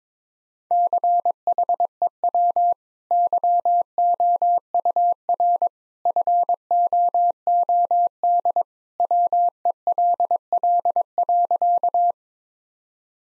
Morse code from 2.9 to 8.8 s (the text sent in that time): YOUR FOOD